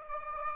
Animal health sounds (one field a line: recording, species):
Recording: mosquito wingbeat signal from an infrared sensor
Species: Aedes aegypti